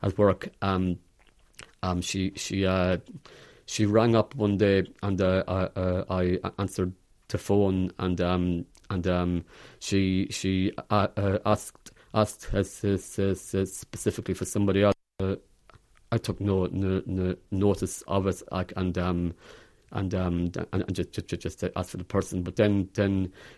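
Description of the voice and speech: Adult male speaker who stammers, describing a phone call at work in a lab. The speech is stuttered, with repeated words and syllables ("she, she", "no, no, no", "just, just"), prolonged sounds, filled pauses such as "um", and blocks before words.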